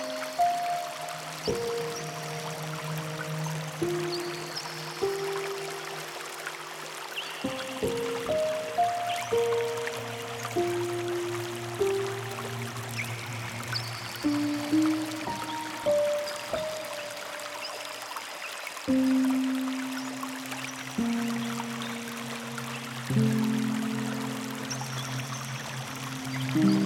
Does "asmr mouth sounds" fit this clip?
no